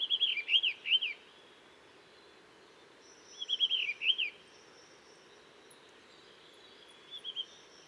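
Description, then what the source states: Blue rock thrush song: short warbled phrases of looping whistled notes repeated every three seconds or so, the last one softer, with faint high twittering between. On a cliff in the Dentelles de Montmirail, 12 March 2020, 7:25; alarm calls at daybreak, then sings all morning to mark territory, changing perches; Nagra seven with Telinga pro7.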